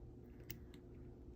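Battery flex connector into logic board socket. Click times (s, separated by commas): 0.5 s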